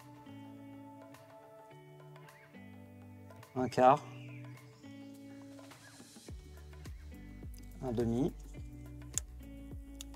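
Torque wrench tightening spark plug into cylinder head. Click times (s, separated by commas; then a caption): 9.2 s. A torque wrench tightens a new spark plug into the cylinder head of an Alfa Romeo Giulietta 1.4 TJet on a first pass, with the wrench set to 10 Nm. Someone talks over background music, and after about half a turn the wrench gives a sharp click at 9.2 s. The plug reaches 10 Nm in half a turn.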